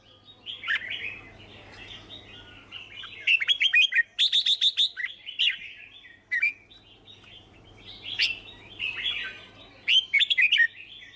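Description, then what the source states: Red-whiskered bulbul song alternating warbled chirrups with sudden rapid runs of sharp notes. Song described as 'hót chè'.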